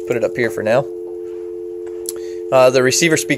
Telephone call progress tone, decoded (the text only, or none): dial tone